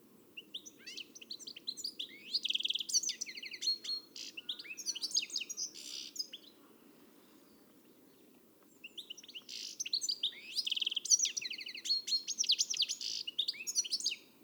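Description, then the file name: European goldfinch song in two bursts of fast, tinkling, twittering notes and buzzy trills, separated by a few seconds of quiet. "Carduelis carduelis"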